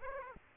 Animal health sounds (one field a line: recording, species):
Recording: mosquito wingbeat signal from an infrared sensor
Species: Aedes aegypti